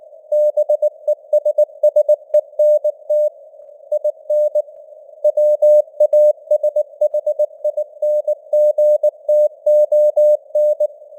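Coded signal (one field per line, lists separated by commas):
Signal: Morse code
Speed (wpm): 19 wpm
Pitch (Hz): 600 Hz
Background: none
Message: BESSENT IN WASHINGTON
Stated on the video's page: Simulated news headlines at 19 wpm with artificial radio noise and varying signal strength (QSB fading).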